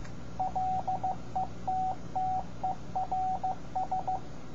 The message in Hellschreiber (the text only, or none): none